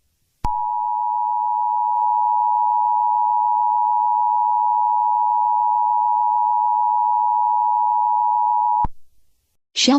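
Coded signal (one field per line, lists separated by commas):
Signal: Emergency Alert System (SAME) tones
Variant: 853 and 960 Hz attention tone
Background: speech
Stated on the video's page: Fictional scenario, not real.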